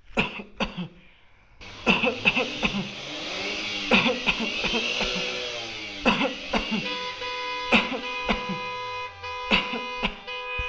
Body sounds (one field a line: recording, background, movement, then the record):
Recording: voluntary coughing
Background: traffic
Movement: sitting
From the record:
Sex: male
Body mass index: 20.6 kg/m2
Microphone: on the chest, facing the body